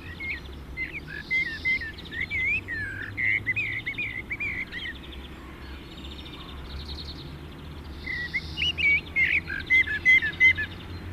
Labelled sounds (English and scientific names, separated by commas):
Common Blackbird (Turdus merula) song